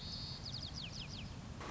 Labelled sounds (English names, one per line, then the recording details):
White-crowned Sparrow
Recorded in Sonoma County, California